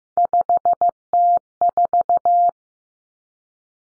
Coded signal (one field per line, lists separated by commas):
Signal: Morse code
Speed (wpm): 15 wpm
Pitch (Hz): 700 Hz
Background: none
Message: 5T4